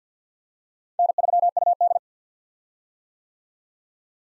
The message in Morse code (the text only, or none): N3UD